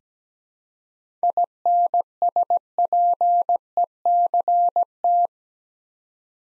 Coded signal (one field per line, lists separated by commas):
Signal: Morse code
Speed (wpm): 17 wpm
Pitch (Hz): 700 Hz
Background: none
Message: INSPECT